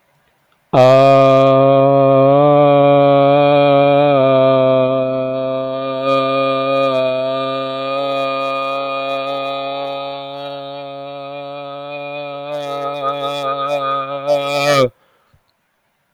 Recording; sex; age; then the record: vowel held as long as possible; male; 20 to 29 years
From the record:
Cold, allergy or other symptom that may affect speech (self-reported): no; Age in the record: 24 years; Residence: United States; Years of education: 12